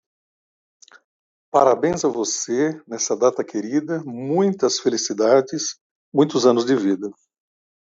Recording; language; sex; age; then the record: short text; Brazilian Portuguese; male; 60 to 69 years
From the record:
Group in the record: control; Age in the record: 65 years